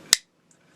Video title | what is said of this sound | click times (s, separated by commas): Comparing the Cold Steel Espada and the Zero Tolerance 0200 | can hear that click in there. Very strong lock. | 0.1 s